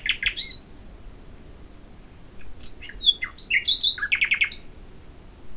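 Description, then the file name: Common nightingale song with quick chirps, scattered soft notes, then a loud run of rapid, rhythmic chuckling notes repeated several times a second. "Luscinia megarhynchos"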